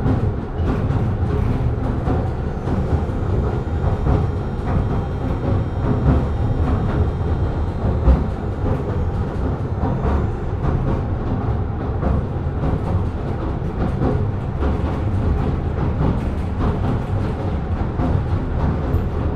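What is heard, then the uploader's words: A ride on an old-time passenger train along Southend-on-Sea Pier, with a steady, heavy low rumble of the carriage running throughout. Faint rattles and clicks recur irregularly over the drone, and a sharper knock stands out around eight seconds in. Recording of a ride on an oldtime passenger train at Southend-on-Sea Pier. Recorded with Sony PCM D100. Oldtime Train Ride.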